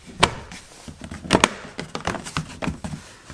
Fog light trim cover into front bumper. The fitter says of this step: push it until all the tabs snap into place